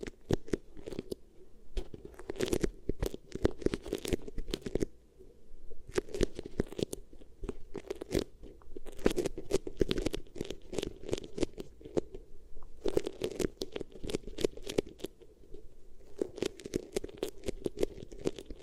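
Beeswax ear triggers: dense, rapid sticky crackles and crunchy taps over a steady low hum, with brief lulls near five and twelve seconds.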